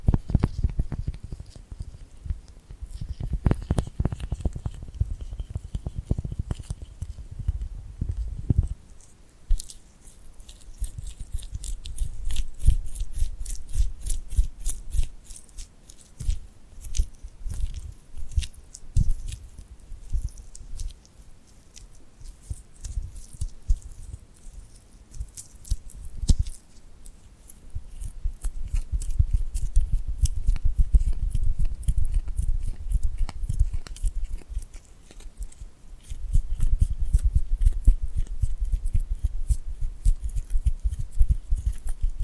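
Hand sounds made with glue on the skin: sticky peeling, tacky clicks and soft crackles come in quick irregular bursts throughout. A low rumbling rubbing swells and fades several times, strongest around 3–8, 28–33 and 37–42 seconds.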